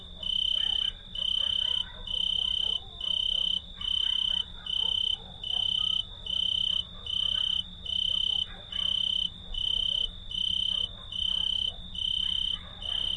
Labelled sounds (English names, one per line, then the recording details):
Tree Cricket stridulation
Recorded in the wild
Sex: male
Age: imago
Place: Vasilikos, Zakynthos, Ionien Islands, GR
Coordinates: 37.7175, 20.9817
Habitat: olive grove
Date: 2012-06-29 23:38
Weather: 25°C, clear, moderate winds
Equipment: Sound Devices 702, Sennheiser MKH 415 T, Rhode Windschutz
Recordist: Frommolt, Karl-Heinz